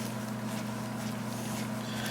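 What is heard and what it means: A new spark plug is turned by hand, without a tool, into the cylinder head threads of a 2009 Mazda 6 four-cylinder engine before the ratchet is used to tighten it. Only a steady low hum is heard, with no click. Nothing has seated or clicked yet.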